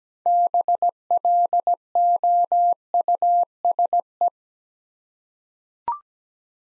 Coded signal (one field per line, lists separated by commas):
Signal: Morse code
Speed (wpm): 17 wpm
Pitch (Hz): 700 Hz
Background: none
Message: BLOUSE